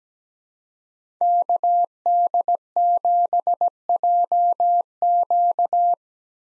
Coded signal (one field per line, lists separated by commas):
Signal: Morse code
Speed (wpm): 17 wpm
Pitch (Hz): 700 Hz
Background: none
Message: KD7JQ